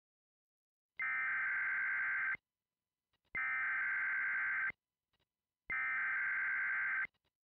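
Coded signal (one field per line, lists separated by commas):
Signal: Emergency Alert System (SAME) tones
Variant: header bursts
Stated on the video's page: Fictional tornado warning made with an EAS emulator and borrowed tones.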